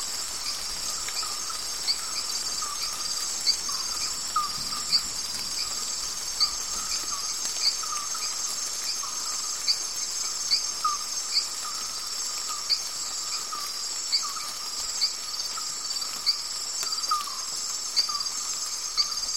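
A dense, unbroken chorus of insects and crickets fills the whole recording, with steady high, bright bands of shrill buzzing. Short chirps and calls pop out every second or so, some birdlike, over a faint low rumble underneath.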